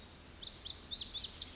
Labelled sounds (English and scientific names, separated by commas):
Lazuli Bunting (Passerina amoena)